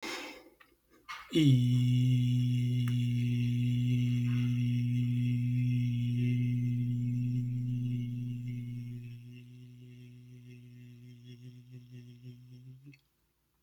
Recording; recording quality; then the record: sustained vowel as in beet; excellent, no background noise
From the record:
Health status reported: healthy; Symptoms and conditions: sore throat, asthma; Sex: male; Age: 27 years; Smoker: not ticked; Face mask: not worn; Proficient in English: yes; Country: Canada